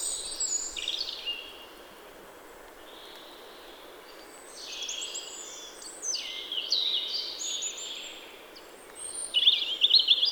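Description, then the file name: Soft, high robin phrases, with scattered sliding notes, then a quiet gap, and a louder sparkling trill to finish, over steady background hiss. "Erithacus rubecula"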